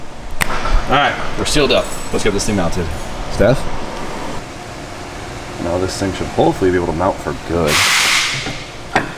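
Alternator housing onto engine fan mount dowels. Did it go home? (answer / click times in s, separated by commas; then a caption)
yes / 9.0 s. On a Porsche 964 air-cooled engine, the alternator housing assembly is pushed onto its mount at the engine fan, locating on dowels, while someone talks. A click at 9.0 s marks the housing seating into place.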